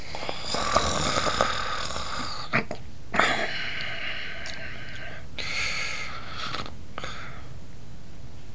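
Long, rough, rattling breath noises with a buzzing, fluttering tone, separated by brief pauses, in a small quiet room. An adult is snoring: the soft tissues of the upper airway vibrate during sleep breathing.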